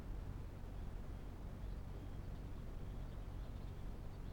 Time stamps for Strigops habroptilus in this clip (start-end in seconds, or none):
0.61-4.33